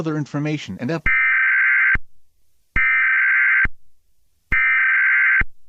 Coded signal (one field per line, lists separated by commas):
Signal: Emergency Alert System (SAME) tones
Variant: header bursts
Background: speech